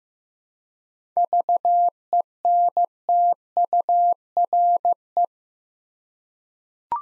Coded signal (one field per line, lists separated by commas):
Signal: Morse code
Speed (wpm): 16 wpm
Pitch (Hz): 700 Hz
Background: none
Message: VENTURE